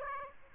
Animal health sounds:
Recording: mosquito wingbeat signal from an infrared sensor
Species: Aedes aegypti

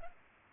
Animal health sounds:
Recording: mosquito wingbeat signal from an infrared sensor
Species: Culex pipiens

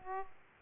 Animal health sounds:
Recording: mosquito wingbeat signal from an infrared sensor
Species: Aedes aegypti

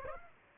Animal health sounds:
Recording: mosquito wingbeat signal from an infrared sensor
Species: Aedes aegypti

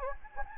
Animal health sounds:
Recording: mosquito wingbeat signal from an infrared sensor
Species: Anopheles gambiae

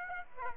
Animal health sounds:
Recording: mosquito wingbeat signal from an infrared sensor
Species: Aedes aegypti

